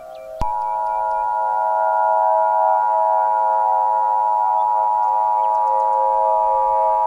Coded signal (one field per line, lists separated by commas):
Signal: Emergency Alert System (SAME) tones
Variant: 853 and 960 Hz attention tone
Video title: EAS Scenario - CaseOh's Rampage (Part 5) (Season 2 Episode 2